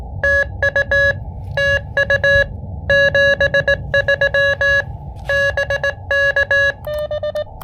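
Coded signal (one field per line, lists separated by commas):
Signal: Morse code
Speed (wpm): 18 wpm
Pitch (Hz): 1700 Hz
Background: none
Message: TU TU 73 BK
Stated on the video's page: QRP CW Parks on the Air activation on the high bands using an Elecraft KX2 with KXPD2 paddles and AX1 antenna.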